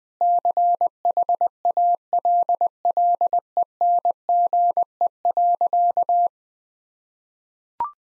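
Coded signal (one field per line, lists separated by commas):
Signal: Morse code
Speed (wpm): 20 wpm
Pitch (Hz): 700 Hz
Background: none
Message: CHALLENGE.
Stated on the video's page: Morse practice at 20 wpm: sentences built from common four-word phrases, each sent in Morse, spoken, then sent again for head-copy training.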